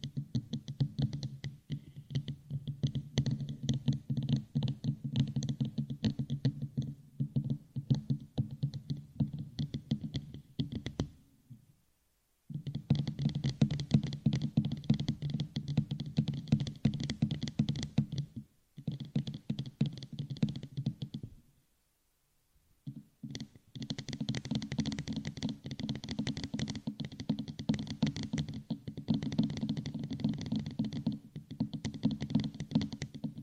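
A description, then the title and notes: Fingernails tap rapidly on a headphone in dense, uneven bursts of small clicks with a dull, low thud under each run. The tapping stops briefly near 11, 18 and 22 seconds, with near silence in the gaps, then resumes at the same busy pace. Headphone Nail tapping.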